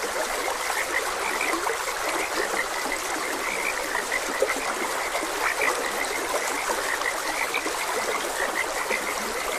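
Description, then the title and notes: Frogs croaking in a steady chorus of short, pulsed notes that overlap constantly, over a continuous hiss of flowing water. Frogs croaking beside a gentle stream. "Gentle Stream and Frogs Croaking. Sleep and Relaxation Podcast"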